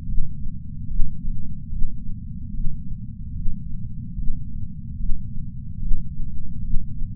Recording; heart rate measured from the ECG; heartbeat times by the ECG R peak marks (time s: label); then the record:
heart sounds by patch sensor on the chest; 73 bpm
0.05 s: heartbeat
0.87 s: heartbeat
1.69 s: heartbeat
2.50 s: heartbeat
3.32 s: heartbeat
4.14 s: heartbeat
4.96 s: heartbeat
5.78 s: heartbeat
6.61 s: heartbeat
From the record:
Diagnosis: coronary artery disease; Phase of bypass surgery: intraoperative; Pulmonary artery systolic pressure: 14 mmHg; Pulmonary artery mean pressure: 10 mmHg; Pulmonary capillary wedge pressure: 9 mmHg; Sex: female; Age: 74 years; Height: 160 cm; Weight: 64 kg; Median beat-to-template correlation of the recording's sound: 0.90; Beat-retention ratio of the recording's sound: 0.99